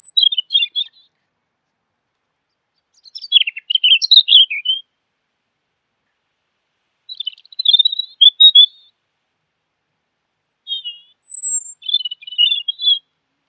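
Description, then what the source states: Bird singing four bursts of rapid, high twittering and chirps, spaced roughly every three to four seconds, with silence between. Masteran training recording.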